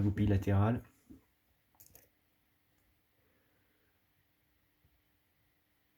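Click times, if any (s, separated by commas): none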